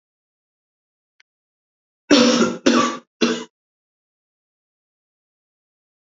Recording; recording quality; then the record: heavy voluntary cough; excellent, no background noise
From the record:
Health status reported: healthy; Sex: male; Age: 33 years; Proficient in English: yes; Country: India